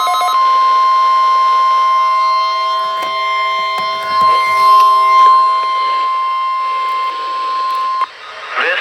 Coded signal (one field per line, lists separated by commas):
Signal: Emergency Alert System (SAME) tones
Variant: 1050 Hz attention tone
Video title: FINAL TEST OF 2020 Required Weekly Test EAS#109